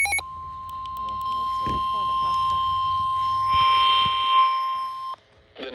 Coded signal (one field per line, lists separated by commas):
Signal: Emergency Alert System (SAME) tones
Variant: 1050 Hz attention tone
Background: speech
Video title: Severe Thunderstorm Warning (EAS 63)